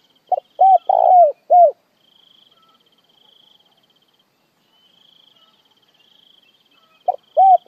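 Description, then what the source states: Spotted dove gives one full phrase of mellow coos ending in a falling note, then silence, then begins another phrase; a faint continuous high tone runs behind. Calling the flock.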